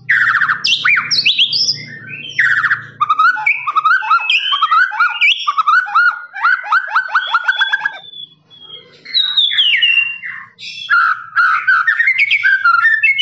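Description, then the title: Lovebird song with long stretches of fast rattling trills and squeaky chatter, broken by brief pauses. Long trilling ngekek song of a lovebird, used as a master recording for training birds. "FULL DURASI MASTERAN LOVEBIRD NGEKEK PANJANG"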